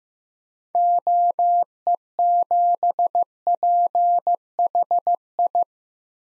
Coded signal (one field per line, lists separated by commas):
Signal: Morse code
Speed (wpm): 15 wpm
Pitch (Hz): 700 Hz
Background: none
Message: OE7PHI